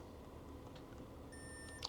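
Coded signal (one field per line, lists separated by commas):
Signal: beep code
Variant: multimeter continuity beep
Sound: room noise, a few clicks, then one steady high beep about half a second long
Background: small room, probe clicks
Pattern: 1 long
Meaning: A continuous beep means the probed points are electrically connected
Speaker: and then we have continuity between middle and middle right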